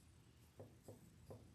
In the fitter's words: there we go. I heard that click.